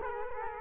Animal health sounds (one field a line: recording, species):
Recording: mosquito wingbeat signal from an infrared sensor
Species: Culex quinquefasciatus